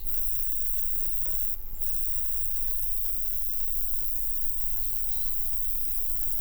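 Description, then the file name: Roesel's bush-cricket buzzing song, a continuous very high hiss running throughout, over a steady low rumble. 24 July 2016 at Buchhorst around 10:20, sunny and dry, about 30 °C, wind force 2 Beaufort. "160724 roebushcrick 1020 h 30 C W 40 2 BFT SUN DRY buchhorst"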